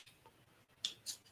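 A fixed-blade knife is pushed back into its sheath and snaps into place with a crisp, bright click at 0.9 s, followed by a softer second tick just after 1.0 s. The knife is seated in the sheath, with the audible click it should make.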